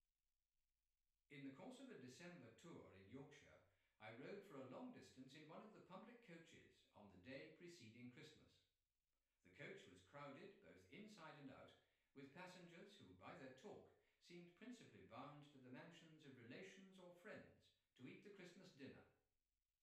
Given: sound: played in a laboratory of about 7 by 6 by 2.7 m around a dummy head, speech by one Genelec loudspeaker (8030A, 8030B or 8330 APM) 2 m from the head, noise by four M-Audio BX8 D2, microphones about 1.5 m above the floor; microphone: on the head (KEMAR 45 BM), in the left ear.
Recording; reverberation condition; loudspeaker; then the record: male speech in English; medium; 150 degrees to the right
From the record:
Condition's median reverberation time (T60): about 510 ms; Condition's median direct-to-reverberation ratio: about -0.5 dB